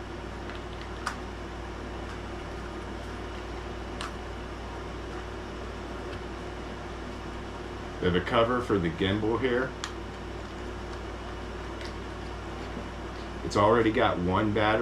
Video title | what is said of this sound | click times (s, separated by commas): WE GOT A DRONE FOR MAGNET FISHING! #ruko #drone | Its arms snap into place really, really well. | 1.1 s, 4.0 s